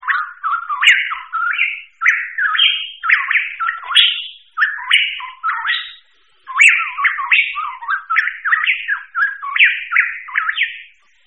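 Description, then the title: Bird song in repeated slurred, warbling phrases, with short pauses between bursts. Mixed birds. "manuk campur"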